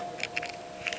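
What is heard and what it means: The button on a 2007-2009 Toyota Camry flip key is pressed, and the spring-loaded metal key blade swings out of the plastic remote key fob. A sharp click comes at 0.4 s, among several short ticks, and a steady faint tone runs underneath. The folding blade is released and springs out.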